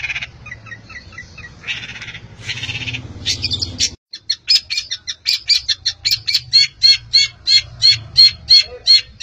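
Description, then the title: Long-tailed shrike song opening with rasping, scratchy phrases, then a brief pause and a steady run of sharp, harsh notes repeated roughly three times a second. "Cendet"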